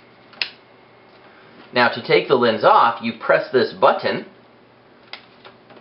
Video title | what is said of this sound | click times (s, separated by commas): Beginner DSLR Basics How to | you match those dots up and you turn and if you listen there's a click | 0.4 s